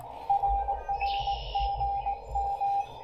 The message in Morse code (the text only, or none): RRGM